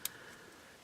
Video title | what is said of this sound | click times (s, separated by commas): Review #93: PE Assault Force X - Favorite Figures of 2017 - Part 4 | you can see it's just kind of pushing back it's not clicking into place | none